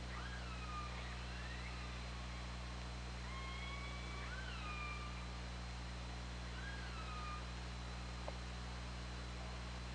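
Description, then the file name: Killer whale calls, repeated clear tonal calls that drop then level off, over a continuous low underwater drone. Recorded by OrcaLab hydrophone underwater on 24 August 2017 at 20:43. "Orca Lab 20170824 204355"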